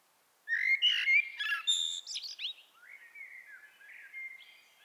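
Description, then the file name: Common blackbird song: a loud burst of fluty warbled notes with squeaky higher twitters, trailing into softer, lower whistled phrases. "Turdus merula"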